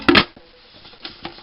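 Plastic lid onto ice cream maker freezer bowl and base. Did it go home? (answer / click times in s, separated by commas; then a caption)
no / none. A plastic lid is handled onto a Cuisinart ice cream maker's freezer bowl and base after the paddle has been put in, with a loud plastic clatter at about 0.1–0.2 s. Then there is a quiet stretch and two faint taps near 1.0 s and 1.2 s. Nothing has seated or locked yet.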